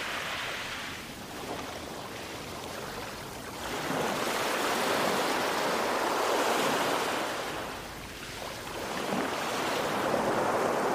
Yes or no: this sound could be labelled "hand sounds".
no